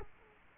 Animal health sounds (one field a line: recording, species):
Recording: mosquito wingbeat signal from an infrared sensor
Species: Culex quinquefasciatus